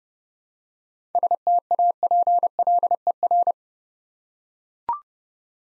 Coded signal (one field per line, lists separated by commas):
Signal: Morse code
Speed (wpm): 30 wpm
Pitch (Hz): 700 Hz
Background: none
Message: STAPLER